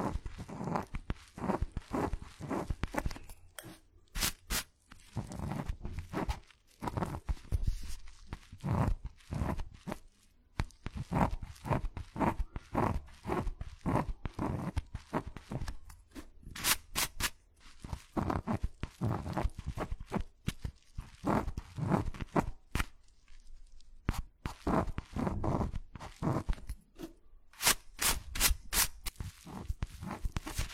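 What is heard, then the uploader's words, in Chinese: Dry scratching of a pen or pencil on paper, writing and drawing in quick, irregular strokes. Bursts of short scrapes cluster together, with brief pauses near 4, 10 and 23 seconds, and a few sharper, brighter scratches stand out around 4, 17 and 28 seconds. 写字、画画。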